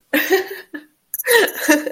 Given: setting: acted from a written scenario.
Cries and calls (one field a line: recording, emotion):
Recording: vocal sound without words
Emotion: amusement